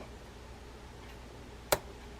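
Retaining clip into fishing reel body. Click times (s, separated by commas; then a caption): 1.7 s. A metal retaining clip is pressed by finger into its groove inside a Penn Spinfisher 722Z spinning fishing reel during reassembly. A single sharp snap at 1.7 s stands out against quiet low background noise, and the clip is confirmed seated in place.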